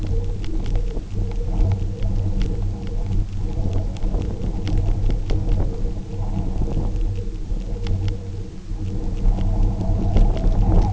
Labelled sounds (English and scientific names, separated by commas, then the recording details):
none
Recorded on Arctic tundra, site UTQI-0, on 27 June 2018
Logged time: 10:00